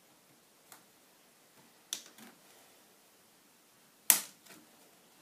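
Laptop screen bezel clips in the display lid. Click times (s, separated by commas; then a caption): 1.9 s, 4.1 s. Plastic screen bezel clips in the display lid of an Acer Aspire 1830 laptop are pried open by working around the bezel during an LCD screen replacement. Sharp plastic clicks ring out at 1.9 s and 4.1 s, the second the loudest, with a few softer ticks around them. The clips click open and the bezel is released.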